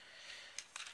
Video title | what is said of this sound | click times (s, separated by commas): Combiner wars leader class ultra magnus | And put the arms all the way down until they click | 0.6 s, 0.8 s